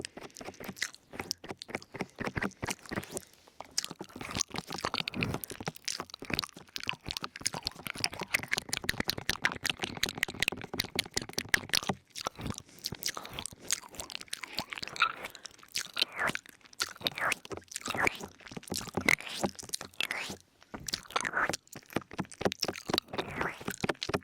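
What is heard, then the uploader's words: Wet mouth sounds and soft nibbling clicks crowd together in quick, uneven bursts, with brief quiet gaps near 4, 12 and 21 seconds. ASMR Ear Noms & Brushing for Tingle Immunity 100% Tingles Mouth Sounds Christmas ASMR.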